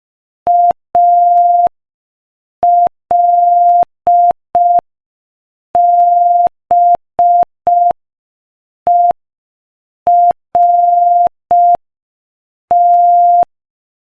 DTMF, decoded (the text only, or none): none